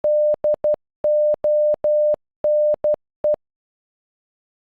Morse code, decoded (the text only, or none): DONE